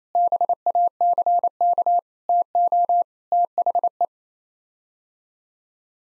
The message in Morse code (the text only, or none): BACK TO THE